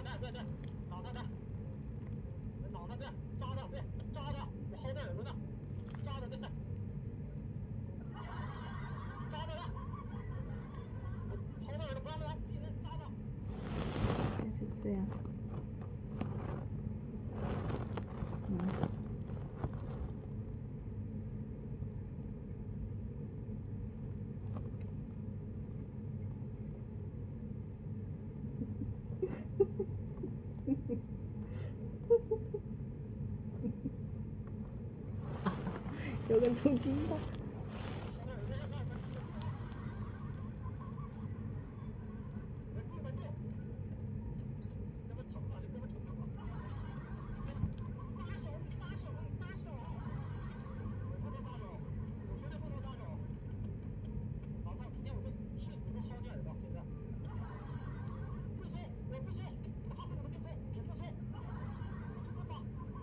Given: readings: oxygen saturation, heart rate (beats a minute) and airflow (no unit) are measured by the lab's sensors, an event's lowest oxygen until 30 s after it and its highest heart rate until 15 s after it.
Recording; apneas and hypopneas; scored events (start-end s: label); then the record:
a person awake in a sleep study, by a smartphone at the bedside; none
0.00-63.02 s: awake
0.00-63.02 s: awake
From the record:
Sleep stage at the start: awake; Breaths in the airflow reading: 19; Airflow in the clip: -0.7 to 0.6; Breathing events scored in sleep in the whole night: 496 in 5.4 hours asleep